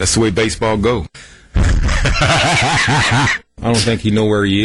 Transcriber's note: Overmodulated Guffaw